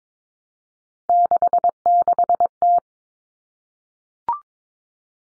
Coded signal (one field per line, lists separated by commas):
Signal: Morse code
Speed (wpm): 22 wpm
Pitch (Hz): 700 Hz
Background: none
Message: 66T